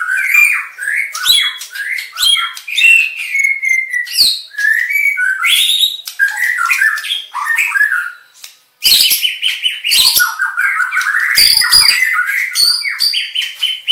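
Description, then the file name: White-rumped shama pouring out a rich, fast song of whistles, squawks and buzzy trills, with one brief pause before a loud harsh burst. Aceh variety, full variation song. "Suara Burung Murai Batu Aceh Variasi Lengkap"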